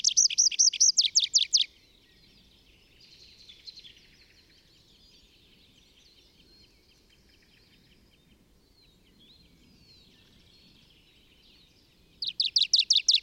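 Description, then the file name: Tree pipit singing bright repeated high notes, followed by a long stretch of faint background birdsong before the loud ringing series resumes at the end. Recorded in the Bavarian Forest, Germany, on 25 April 2015. "Baumpieper. Bayerischer Wald REG. Susanne Rieck"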